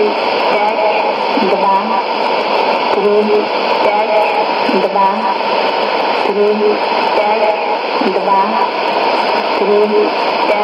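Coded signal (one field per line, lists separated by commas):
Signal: numbers station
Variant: S06s, Russian female voice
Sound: female voice reading short evenly spaced words through heavy shortwave static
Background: radio static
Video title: 25 04 2017 Numbers station S06s Russian Lady in Russian to Eu 0800 on 11635unknown tx site in CUSB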